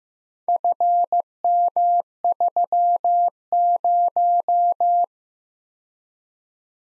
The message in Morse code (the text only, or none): FM30